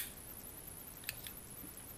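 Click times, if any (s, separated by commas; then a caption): 1.1 s. A repaired trunk latch mechanism from a BMW E36, after a spring repair, is closed by hand on a bench and snaps into the latched position with a sharp click at 1.1 s, followed by a softer tick at 1.3 s. A steady hiss runs underneath, and the latch ends fully latched.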